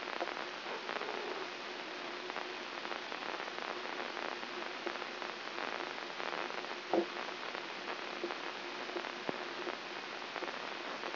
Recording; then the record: brain microelectrode recording played as sound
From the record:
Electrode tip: inside the subthalamic nucleus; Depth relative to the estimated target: 3 mm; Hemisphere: right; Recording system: AlphaMap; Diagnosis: Parkinson's disease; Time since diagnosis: 11 years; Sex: female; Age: 52 years